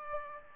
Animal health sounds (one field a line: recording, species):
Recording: mosquito wingbeat signal from an infrared sensor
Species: Aedes aegypti